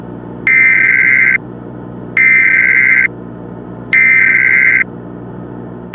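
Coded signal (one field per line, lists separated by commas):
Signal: Emergency Alert System (SAME) tones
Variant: header bursts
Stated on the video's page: Fictional street lights scenario, remastered.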